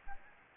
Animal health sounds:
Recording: mosquito wingbeat signal from an infrared sensor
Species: Anopheles gambiae

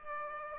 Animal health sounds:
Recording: mosquito wingbeat signal from an infrared sensor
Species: Aedes aegypti

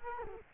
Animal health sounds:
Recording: mosquito wingbeat signal from an infrared sensor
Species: Culex quinquefasciatus

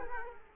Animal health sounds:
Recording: mosquito wingbeat signal from an infrared sensor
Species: Culex quinquefasciatus

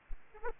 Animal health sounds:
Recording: mosquito wingbeat signal from an infrared sensor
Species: Aedes aegypti

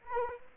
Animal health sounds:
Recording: mosquito wingbeat signal from an infrared sensor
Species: Anopheles arabiensis

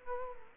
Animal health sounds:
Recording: mosquito wingbeat signal from an infrared sensor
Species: Culex quinquefasciatus

